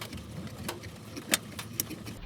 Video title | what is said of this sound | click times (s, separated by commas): How to install Android Car Stereo on a Ford E Series Econoline Van - Radio Upgrade CarPlay Kymvibt | Make sure that snaps into place. | 1.8 s